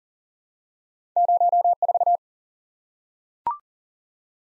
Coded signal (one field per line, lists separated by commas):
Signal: Morse code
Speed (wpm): 40 wpm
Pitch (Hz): 700 Hz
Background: none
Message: 04